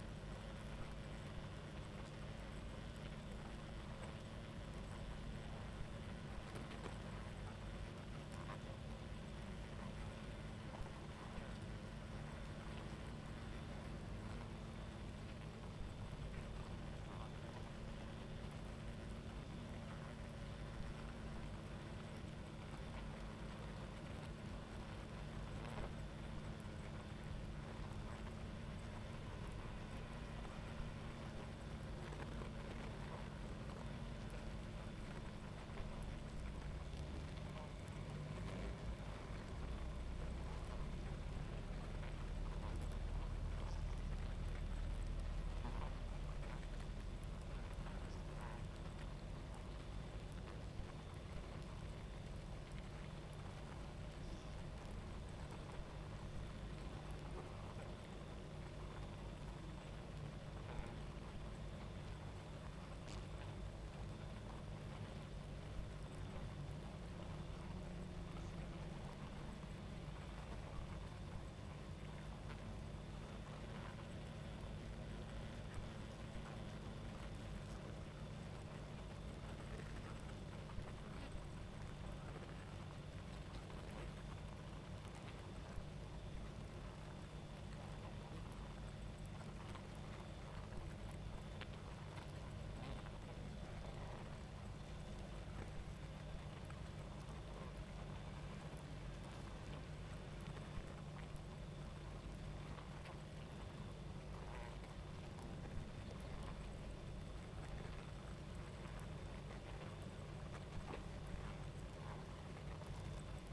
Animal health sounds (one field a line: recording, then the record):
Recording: honeybee colony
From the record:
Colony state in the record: active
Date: 28 July 2017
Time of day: 23:30